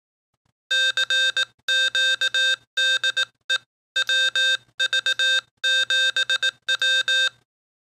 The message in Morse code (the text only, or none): CQ DE WV7W